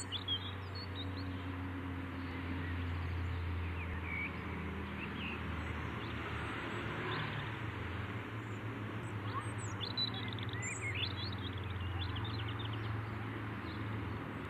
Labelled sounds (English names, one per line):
European Robin song